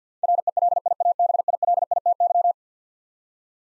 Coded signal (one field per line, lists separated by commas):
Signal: Morse code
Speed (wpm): 50 wpm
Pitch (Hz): 700 Hz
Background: none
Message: RELIABILITY